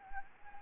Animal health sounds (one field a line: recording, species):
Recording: mosquito wingbeat signal from an infrared sensor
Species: Anopheles gambiae